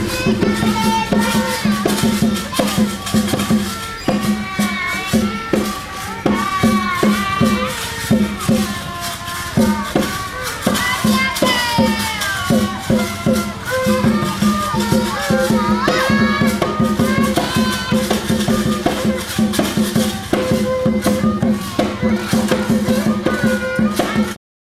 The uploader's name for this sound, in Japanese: Angkorwat（アンコールワット）